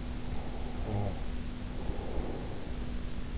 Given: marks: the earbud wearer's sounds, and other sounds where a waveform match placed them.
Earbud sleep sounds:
sounds in sleep by an in-ear microphone; snoring breath
0.02-3.03 s: snoring breath

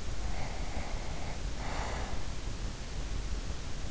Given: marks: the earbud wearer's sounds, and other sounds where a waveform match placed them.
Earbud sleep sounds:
sounds in sleep by an in-ear microphone; breath
0.14-2.35 s: breath

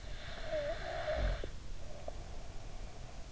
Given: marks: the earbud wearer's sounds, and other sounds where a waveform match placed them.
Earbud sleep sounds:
sounds in sleep by an in-ear microphone; snoring breath
0.05-3.13 s: snoring breath

